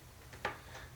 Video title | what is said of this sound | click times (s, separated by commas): Tamiya Lancia 037 Rally TA02S Build Part 3 | then our part is gonna snap in on the back there's a definitely a snap that you'll hear make sure | 0.5 s